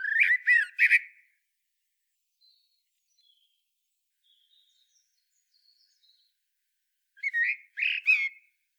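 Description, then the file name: Common blackbird: three quick harsh notes, a long quiet stretch, then two more squawky notes near the end. "Turdus merula"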